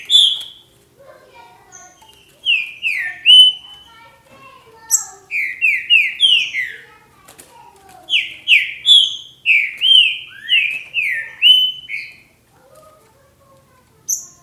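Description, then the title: Green-winged saltator delivering several phrases of quick, rich slurred whistles in series, with short silent gaps and a few thin high notes between. "Trinca Ferro"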